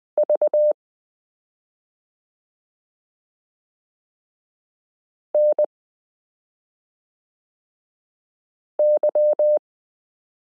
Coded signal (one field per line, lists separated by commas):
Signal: Morse code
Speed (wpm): 20 wpm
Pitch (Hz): 600 Hz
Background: none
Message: V NY